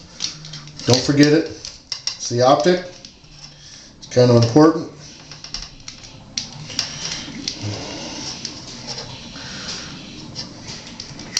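Someone talks while a plastic optic (light guide) is worked back into the housing of a toy lightsaber. A few short, sharp taps and handling noises follow against a quiet background. The clip ends with the optic still not home; nothing has seated or clicked yet.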